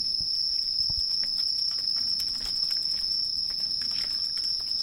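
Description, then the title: Bell crickets singing, a steady high ringing trill held unbroken throughout, with soft scattered clicks beneath. Heard on a night-time walk among bell crickets, September 12. "9/12 夜の鈴虫散歩、高木さんご夫婦・テディさん"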